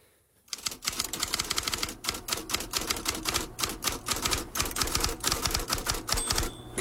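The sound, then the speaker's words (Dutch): Typewriter keys clack in a fast, steady flurry of sharp, bright strikes, starting after a brief silence and continuing loudly for several seconds, with no voices. “Zeg maar, dit klinkt als een typemachine.”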